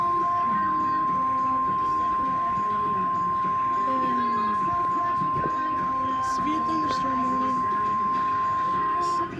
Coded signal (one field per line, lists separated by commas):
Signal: Emergency Alert System (SAME) tones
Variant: 1050 Hz attention tone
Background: speech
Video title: Severe Thunderstorm Warning EAS #75